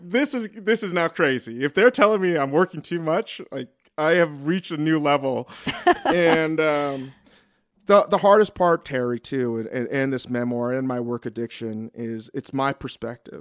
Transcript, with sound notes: this is now crazy. If they're telling me I'm working too much, like, I have reached a new level.
(Laughter).
And the hardest part, Terry, too - and this memoir and my work addiction is it's my perspective.